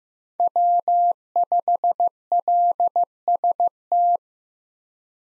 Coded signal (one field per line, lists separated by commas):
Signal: Morse code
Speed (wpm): 16 wpm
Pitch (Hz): 700 Hz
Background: none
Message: W5LST